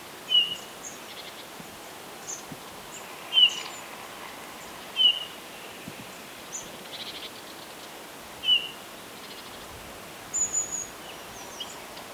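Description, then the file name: Eurasian bullfinch giving short, soft piping whistles at irregular intervals, with faint higher chirps in the background. "Pyrrhula pyrrhula"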